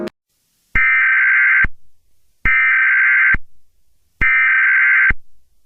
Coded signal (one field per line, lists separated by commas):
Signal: Emergency Alert System (SAME) tones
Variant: header bursts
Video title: EAS Scenario: El Pablo Pt.2